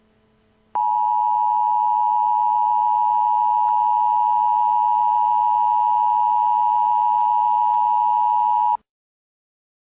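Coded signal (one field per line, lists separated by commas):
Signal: Emergency Alert System (SAME) tones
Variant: 853 and 960 Hz attention tone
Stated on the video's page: Simulated EAS alert in a fictional alien invasion scenario.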